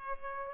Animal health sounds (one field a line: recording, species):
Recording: mosquito wingbeat signal from an infrared sensor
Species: Culex pipiens